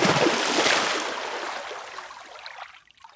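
A broad, hissing splash as a bucket of water is poured onto smouldering grass starts loud and gradually fades over about three seconds, trailing off into a few faint drips and trickles before silence.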